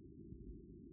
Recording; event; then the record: neck accelerometer signal played as sound; no cough (speech, laughter, throat clearing or background)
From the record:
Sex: male